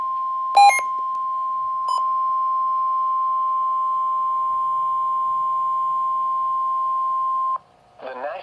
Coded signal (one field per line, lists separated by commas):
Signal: Emergency Alert System (SAME) tones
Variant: 1050 Hz attention tone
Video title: EAS #17 - CONSIDERABLE Severe Thunderstorm Warning for Eastern DFW! [70 MPH WINDS] (March 4, 2025)